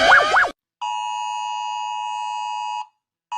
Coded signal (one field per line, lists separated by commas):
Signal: Emergency Alert System (SAME) tones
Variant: 853 and 960 Hz attention tone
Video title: I made drawings for eas alarms part 1